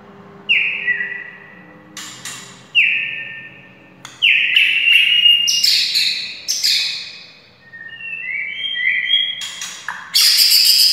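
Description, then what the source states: White-rumped shama song in separate whistled phrases: clear downslurred notes every few seconds, building into faster, higher, buzzier bursts near the end. Wild forest bird.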